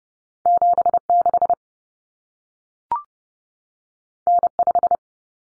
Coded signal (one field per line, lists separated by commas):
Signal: Morse code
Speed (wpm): 30 wpm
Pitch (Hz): 700 Hz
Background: none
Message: 76 N5